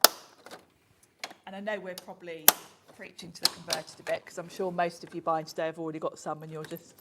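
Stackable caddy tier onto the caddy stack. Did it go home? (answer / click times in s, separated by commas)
yes / 0.0 s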